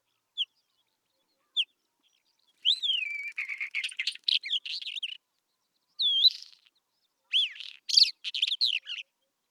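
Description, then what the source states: Isabelline Wheatear song: two thin whistles, then rapid scratchy phrases mixing warbled whistles with harsh chattering notes, in several bursts. Recorded at Telmen Nuur, Mongolia.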